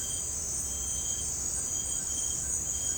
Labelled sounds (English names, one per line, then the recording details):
none
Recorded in secondary vegetation near Puerto Asís, Putumayo, Colombia, on 19 March 2025 at 17:30
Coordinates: 0.485, -76.322
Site G040